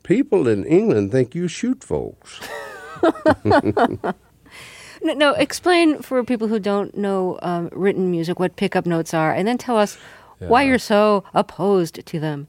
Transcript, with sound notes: People in England think you shoot folks.
(Soundbite of laughter) Now, explain for people who don't know written music what pickup notes are. And then tell us why you're so opposed to them.